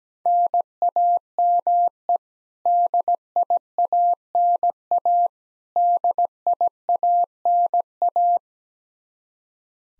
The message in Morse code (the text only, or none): NAME DIANA DIANA